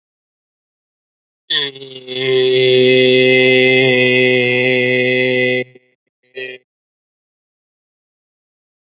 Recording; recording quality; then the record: sustained vowel as in made; excellent, no background noise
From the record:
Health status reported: healthy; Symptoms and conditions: hypertension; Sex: male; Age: 34 years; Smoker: not ticked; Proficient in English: yes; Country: India